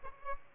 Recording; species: mosquito wingbeat signal from an infrared sensor; Aedes albopictus